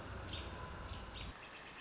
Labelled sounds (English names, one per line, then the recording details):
American Robin
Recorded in Sonoma County, California